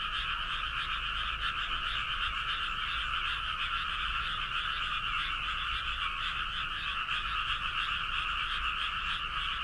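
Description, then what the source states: Frog chorus: many overlapping croaking trills merge into an unbroken, even drone throughout, with a faint low hum beneath. Toyota, Aichi.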